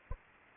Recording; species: mosquito wingbeat signal from an infrared sensor; Anopheles arabiensis